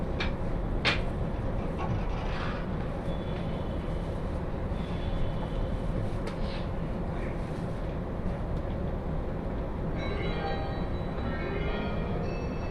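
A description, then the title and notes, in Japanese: A train ride on the Joban Line, heard as a steady, dense low rumble of the carriage rolling along without letup. Brief bright clicks and squeaks cut in near the start and around six seconds, and a thin squealing tone rises in the last few seconds. 耳で楽しむ鉄道旅 常磐線 勝田→石岡。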